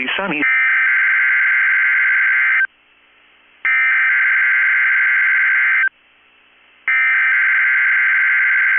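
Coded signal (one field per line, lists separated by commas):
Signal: Emergency Alert System (SAME) tones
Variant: header bursts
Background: speech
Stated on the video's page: Required Weekly Test SAME tones from NOAA Weather Radio KEC65.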